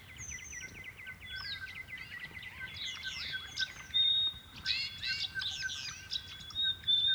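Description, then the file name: Honeyeater song opening with a fast run of short chirps, then building into a dense mix of sweeping, twittering notes. "Honeyeaters Sing"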